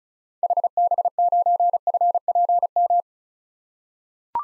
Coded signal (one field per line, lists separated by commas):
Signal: Morse code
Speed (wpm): 36 wpm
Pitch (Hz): 700 Hz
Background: none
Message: HB9FPM